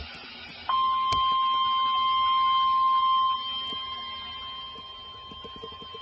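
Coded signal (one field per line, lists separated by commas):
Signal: Emergency Alert System (SAME) tones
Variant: 1050 Hz attention tone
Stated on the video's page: Severe thunderstorm warning from the Paducah, KY weather forecast office.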